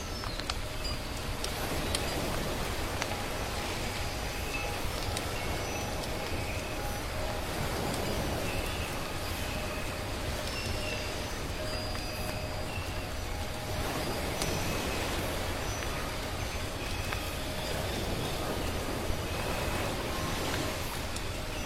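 A steady, dense wash of soft waves fills the whole stretch, with a low rumbling undertone. Brief bird calls chirp now and then, most clearly around the middle and again late on, while sharp little firewood crackles tick through at irregular moments.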